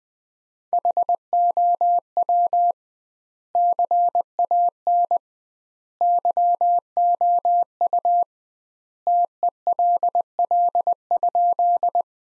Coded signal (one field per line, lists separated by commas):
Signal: Morse code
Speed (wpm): 21 wpm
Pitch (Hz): 700 Hz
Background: none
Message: HOW CAN YOU TELL?